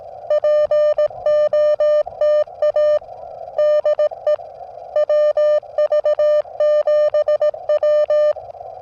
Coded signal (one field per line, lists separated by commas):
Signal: Morse code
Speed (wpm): 16 wpm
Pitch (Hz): 590 Hz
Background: music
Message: POTA DE WV7W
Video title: JPC 12 Antenna Tested on POTA Activation